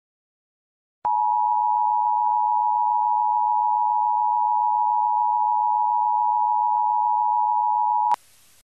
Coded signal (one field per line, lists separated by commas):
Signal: Emergency Alert System (SAME) tones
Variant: 853 and 960 Hz attention tone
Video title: EAS Scenario: If Lucow Fozzerit took over the world. (PURE FICTION)